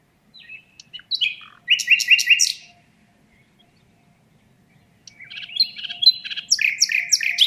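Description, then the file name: Common nightingale song: a phrase of scratchy and rich repeated notes, a quiet pause, then another complex varied phrase of rapid chirps and trills. "Luscinia megarhynchos"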